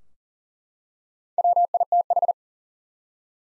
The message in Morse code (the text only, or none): WITH